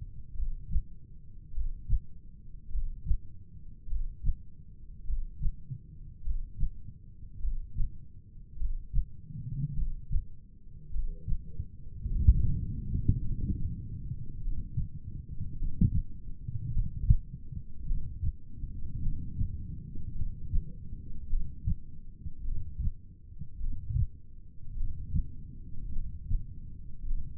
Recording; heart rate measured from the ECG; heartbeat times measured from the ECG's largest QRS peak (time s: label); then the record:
heart sounds by stethoscope; 52 bpm
0.37 s: heartbeat
1.55 s: heartbeat
2.73 s: heartbeat
3.90 s: heartbeat
5.08 s: heartbeat
6.25 s: heartbeat
7.43 s: heartbeat
8.60 s: heartbeat
9.77 s: heartbeat
10.94 s: heartbeat
12.11 s: heartbeat
13.24 s: heartbeat
14.42 s: heartbeat
15.58 s: heartbeat
16.73 s: heartbeat
17.88 s: heartbeat
19.02 s: heartbeat
20.16 s: heartbeat
21.31 s: heartbeat
22.46 s: heartbeat
23.62 s: heartbeat
24.78 s: heartbeat
25.94 s: heartbeat
27.09 s: heartbeat
From the record:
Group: heart failure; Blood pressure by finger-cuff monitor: 90/54 mmHg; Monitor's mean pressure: 63 mmHg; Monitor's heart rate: 51 bpm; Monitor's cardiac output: 3.5 L/min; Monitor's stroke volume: 68 mL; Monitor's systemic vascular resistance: 1260 dyn s/cm5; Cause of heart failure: cardiac sarcoid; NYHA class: 1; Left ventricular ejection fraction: 39%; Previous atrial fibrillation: present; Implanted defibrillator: present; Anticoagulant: apixaban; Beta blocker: carvedilol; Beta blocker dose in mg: 50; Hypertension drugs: ramipril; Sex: male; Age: 79 years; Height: 184 cm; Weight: 92.5 kg